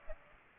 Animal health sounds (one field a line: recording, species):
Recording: mosquito wingbeat signal from an infrared sensor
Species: Aedes aegypti